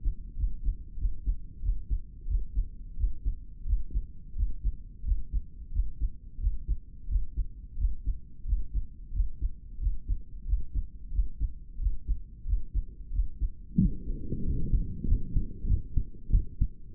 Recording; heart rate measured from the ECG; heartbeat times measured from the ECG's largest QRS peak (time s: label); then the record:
heart sounds by stethoscope; 90 bpm
0.36 s: heartbeat
0.97 s: heartbeat
1.61 s: heartbeat
2.27 s: heartbeat
2.96 s: heartbeat
3.65 s: heartbeat
4.35 s: heartbeat
5.03 s: heartbeat
5.71 s: heartbeat
6.39 s: heartbeat
7.07 s: heartbeat
7.77 s: heartbeat
8.45 s: heartbeat
9.12 s: heartbeat
9.79 s: heartbeat
10.45 s: heartbeat
11.11 s: heartbeat
11.79 s: heartbeat
12.45 s: heartbeat
13.11 s: heartbeat
13.77 s: heartbeat
14.44 s: heartbeat
15.06 s: heartbeat
15.66 s: heartbeat
16.30 s: heartbeat
From the record:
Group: healthy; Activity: breath hold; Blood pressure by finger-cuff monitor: 106/78 mmHg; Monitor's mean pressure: 85 mmHg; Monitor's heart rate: 89 bpm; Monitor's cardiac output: 6 L/min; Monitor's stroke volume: 67 mL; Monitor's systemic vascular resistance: 1010 dyn s/cm5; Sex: male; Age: 21 years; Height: 170 cm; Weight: 71 kg